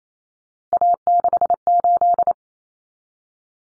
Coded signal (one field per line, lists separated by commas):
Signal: Morse code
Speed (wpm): 28 wpm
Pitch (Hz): 700 Hz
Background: none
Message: A68